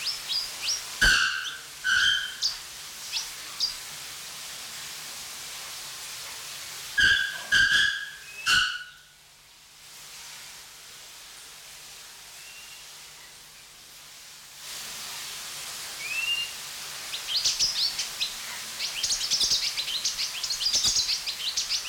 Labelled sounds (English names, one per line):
Bare-throated Bellbird